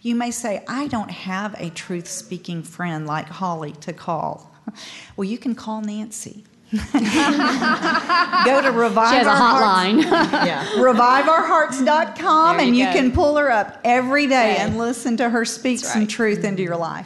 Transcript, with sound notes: You may say, "I don't have a truth-speaking friend like Holly to call." Well, you can call Nancy. [laughter] Go to ReviveOurHearts.com and you can pull her up every day and listen to her speak some truth into your life.